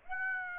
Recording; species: mosquito wingbeat signal from an infrared sensor; Aedes aegypti